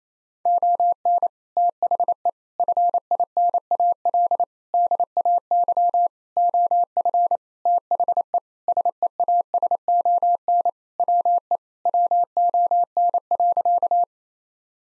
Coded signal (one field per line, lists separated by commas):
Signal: Morse code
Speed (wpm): 28 wpm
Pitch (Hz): 700 Hz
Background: none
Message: ON THE FINAL DAY OF THE SEASON WE WON.